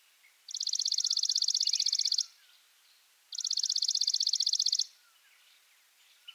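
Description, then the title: Chipping sparrow giving two long, flat, mechanical trills of fast high chips, each about one and a half seconds, with quiet scattered chirps from other birds in the gaps. Subspecies Spizella passerina arizonae; used as a master song for training birds. "burung gereja dead sea masteran. Chipping Sparrow (Spizella passerina arizonae)"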